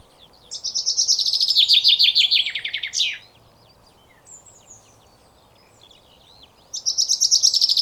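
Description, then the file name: Common chaffinch song: a long trill descending in steps and ending with an emphatic flourish, then faint chirps before a second song begins. "Fringilla coelebs"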